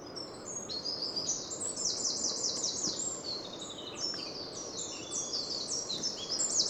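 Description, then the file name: Eurasian wren song: a long run of very high, rapid trills and sharp notes, barely pausing, over a faint steady background hiss. "Troglodytes troglodytes"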